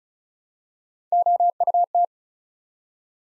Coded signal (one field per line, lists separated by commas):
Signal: Morse code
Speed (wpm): 36 wpm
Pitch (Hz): 700 Hz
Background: none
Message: OUT